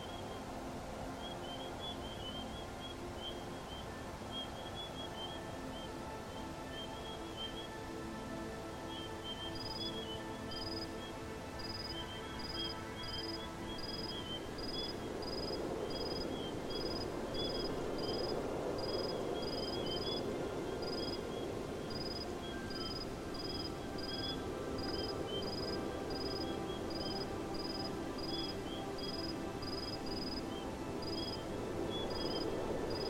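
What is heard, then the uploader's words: Soft steady wind hiss runs under calm sustained music, with a bright repeating chime entering around ten seconds and pulsing evenly throughout. Tranquil desert sands and bilateral serene music for sleeping and relaxation.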